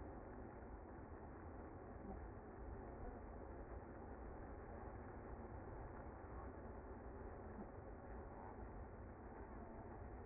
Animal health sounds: honeybee colony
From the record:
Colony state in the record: active

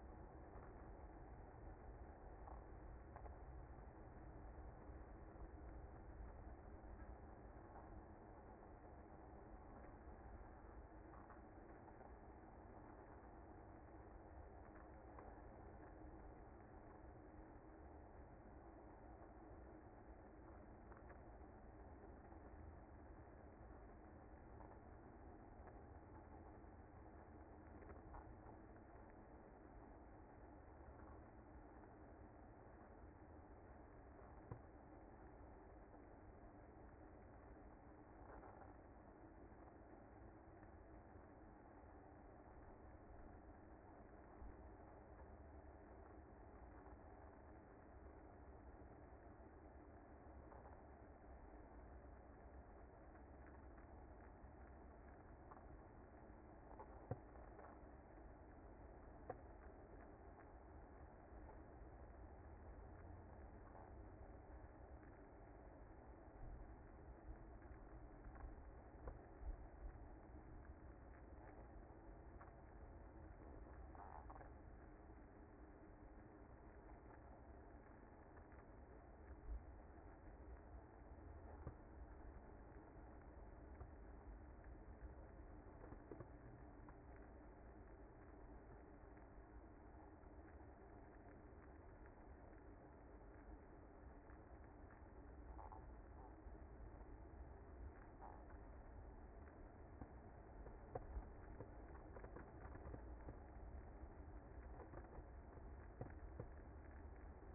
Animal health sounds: honeybee colony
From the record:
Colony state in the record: active

